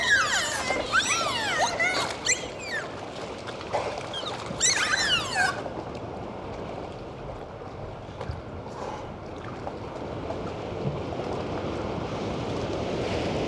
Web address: prirodni zvuci za deca zvuci ot delfini